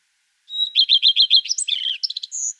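Common redstart song opening on a pure high whistle, a rapid series of repeated notes, then a varied scratchy flourish with a thin high trailing note.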